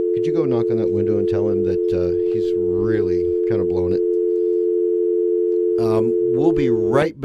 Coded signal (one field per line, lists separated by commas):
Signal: telephone call progress tone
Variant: North America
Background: speech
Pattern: dial tone